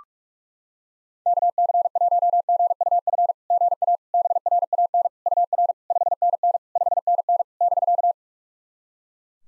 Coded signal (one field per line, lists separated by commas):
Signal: Morse code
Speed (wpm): 44 wpm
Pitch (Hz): 700 Hz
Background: none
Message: KC1GUF GA BRAN UR 5NN 5NN <BK>